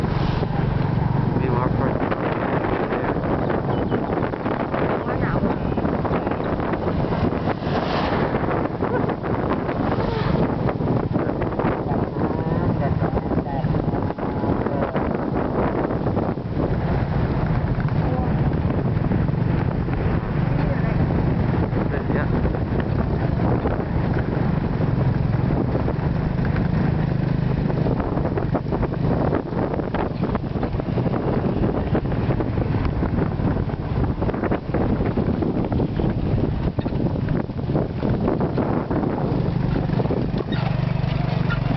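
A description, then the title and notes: A tuk-tuk ride with a constant, dense engine drone and a strong low hum that never lets up. Wind buffets the recording throughout, and faint voices seem to come and go beneath the rattling motor. Nothing stops or changes sharply across the ride. Tuk-tuk ride down to tonle sap ferry. Near siem reap.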